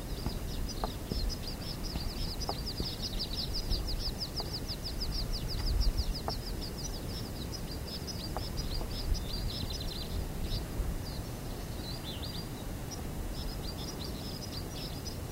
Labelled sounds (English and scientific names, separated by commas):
White-winged Snowfinch (Montifringilla nivalis)